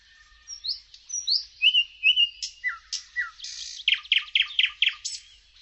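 Bird singing rising and falling whistled phrases, followed by a quick run of sharp, descending notes.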